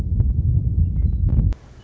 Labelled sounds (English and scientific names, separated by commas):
Western Meadowlark (Sturnella neglecta)